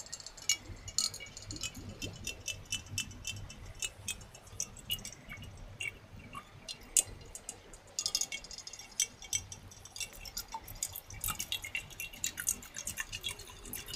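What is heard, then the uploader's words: Jar tapping and bubbles: frequent small bright clinks and drips scattered throughout, denser near the start and end, over a low steady rumble. Jar tapping and bubbles.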